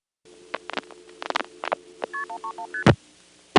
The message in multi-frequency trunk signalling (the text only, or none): KP131ST